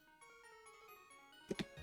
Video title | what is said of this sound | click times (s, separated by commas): InfiniteOk's Pc Build video :D | we'll see you put these down until you hear the two clicks on each side | 1.5 s, 1.6 s